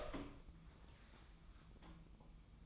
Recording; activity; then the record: daily activity, microphone in the room; open door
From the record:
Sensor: 1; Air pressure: 1004.9 hPa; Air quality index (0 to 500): 73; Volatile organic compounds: 1 ppm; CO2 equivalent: 974 ppm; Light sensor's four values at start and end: 9/23/9/10 and 10/24/9/10